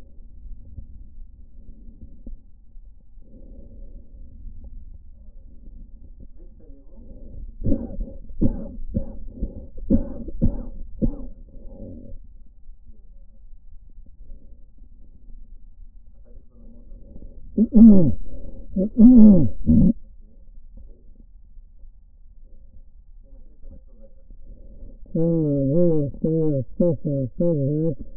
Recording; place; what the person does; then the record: lung sounds by stethoscope; left anterior apical chest; quiet breathing, then cough and speech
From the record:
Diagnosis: COPD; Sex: male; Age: 75 years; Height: 182 cm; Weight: 98 kg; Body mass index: 29.6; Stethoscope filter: diaphragm mode